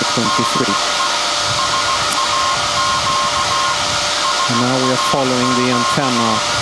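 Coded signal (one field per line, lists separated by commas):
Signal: Morse code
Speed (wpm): 16 wpm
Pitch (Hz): 1070 Hz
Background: speech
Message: DE SAQ SAQ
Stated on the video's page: SAQ Grimeton transmission from the 1924 Alexanderson alternator, sent live for the UNESCO 50th anniversary.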